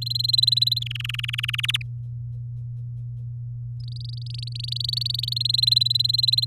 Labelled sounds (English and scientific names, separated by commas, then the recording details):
Domestic Canary (Serinus canaria) song
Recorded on 7 May 2018 at 17:10
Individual llb16